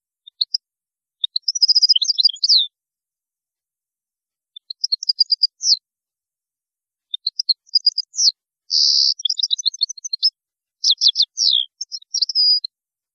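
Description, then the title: European goldfinch song delivered in several short phrases of high twitters, with a dense buzzy trill near the end; pauses of a second or two between phrases. "Chant Chardonneret"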